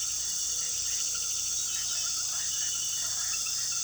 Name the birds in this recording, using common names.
none